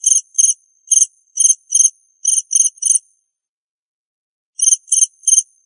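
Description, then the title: Cricket chirps, high and pulsed, in a run of about eight quick notes, then roughly a second and a half of silence before three more chirps. "suara Hujan Guntur Suara Jangkrik Dan Burung"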